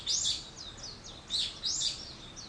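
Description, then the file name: Bird chirps: a few loud high arched notes with softer twitters between them, irregularly spaced. "wild bird"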